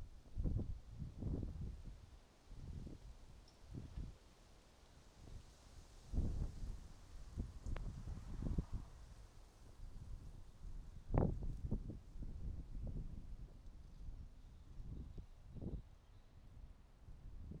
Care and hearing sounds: everyday scene through a hearing-aid microphone; wind on the microphone; wind, traffic, birds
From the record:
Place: suburban garden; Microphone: in the ear canal, right

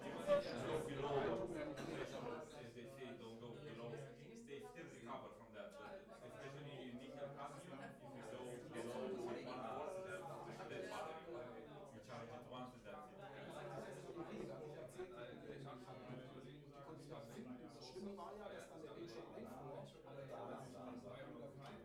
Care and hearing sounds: everyday scene through a hearing-aid microphone; many people talking; many voices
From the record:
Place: bistro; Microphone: behind the ear, left, rear

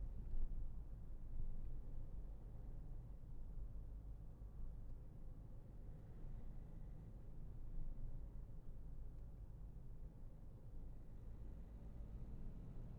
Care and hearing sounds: everyday scene through a hearing-aid microphone; in a vehicle; engine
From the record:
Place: Berlingo II, diesel engine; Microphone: behind the ear, left, rear

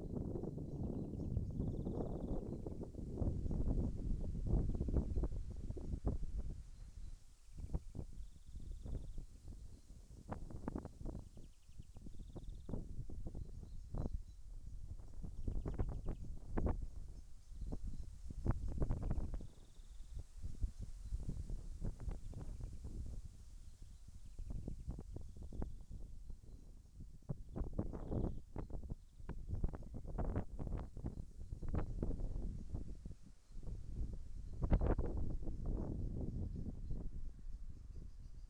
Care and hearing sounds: everyday scene through a hearing-aid microphone; wind on the microphone; wind, birds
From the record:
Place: in front of a rural house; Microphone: behind the ear, left, front

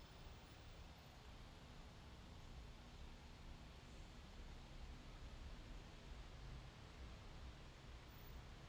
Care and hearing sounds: everyday scene through a hearing-aid microphone; in traffic; traffic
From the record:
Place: main road on the outskirts, rush hour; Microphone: in the ear canal, left

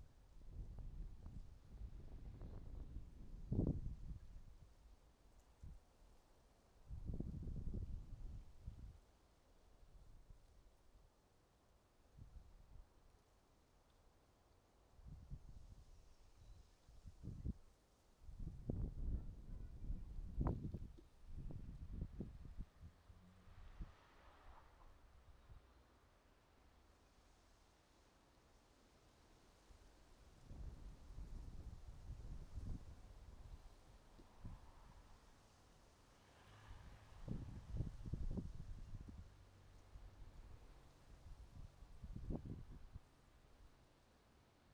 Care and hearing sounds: everyday scene through a hearing-aid microphone; wind on the microphone; wind, traffic, birds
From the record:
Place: suburban garden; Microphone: in the ear canal, right

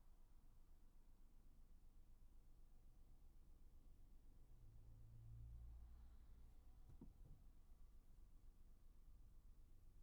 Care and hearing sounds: everyday scene through a hearing-aid microphone; in a vehicle; engine, highway traffic jam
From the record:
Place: Skoda Fabia, gasoline engine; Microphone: behind the ear, right, rear

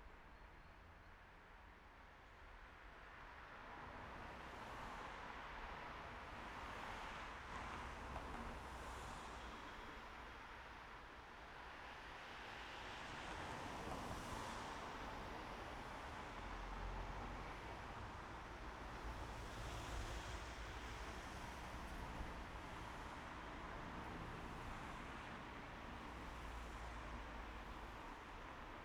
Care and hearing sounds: everyday scene through a hearing-aid microphone; in traffic; traffic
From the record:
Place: main road on the outskirts, rush hour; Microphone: behind the ear, right, front

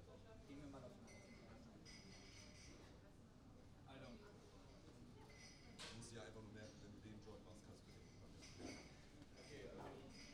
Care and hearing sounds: everyday scene through a hearing-aid microphone; many people talking; many voices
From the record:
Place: university cafeteria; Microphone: in the ear canal, right

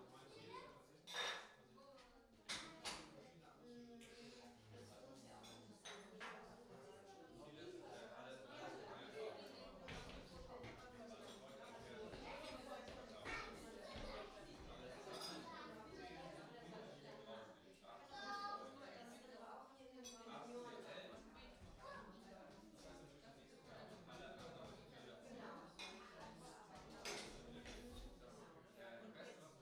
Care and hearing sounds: everyday scene through a hearing-aid microphone; many people talking; many voices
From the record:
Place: parish hall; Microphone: in the ear canal, right

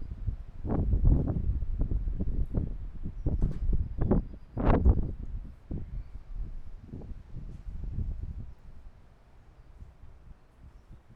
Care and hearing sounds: everyday scene through a hearing-aid microphone; wind on the microphone; squally wind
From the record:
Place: parking lot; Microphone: behind the ear, left, front

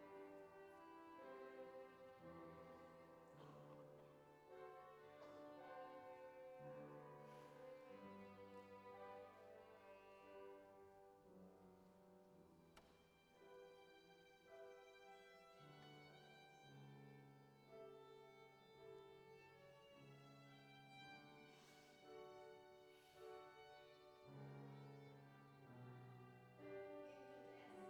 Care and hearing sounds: everyday scene through a hearing-aid microphone; reverberant space; music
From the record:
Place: church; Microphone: behind the ear, left, front

